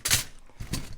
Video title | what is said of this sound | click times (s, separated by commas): This is a game changer | and the bottom just locks in place so you can see this we got a wind damper here | 0.1 s